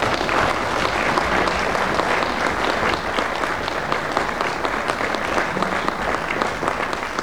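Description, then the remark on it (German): Sustained applause from a large audience for a 14-minute radio play written by Friederike Mayröcker with Ernst Jandl, a dense, steady patter of many hands clapping at an even loudness for several seconds with no voices standing out. “Die Hörspielgeschichte von Friederike Mayröcker beginnt mit einem Applaus.”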